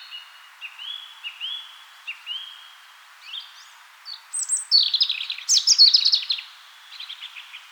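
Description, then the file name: European robin singing: a few soft, sliding notes, then a bright, rapid cascade of high, warbling and trilled phrases. "Rotkehlchen"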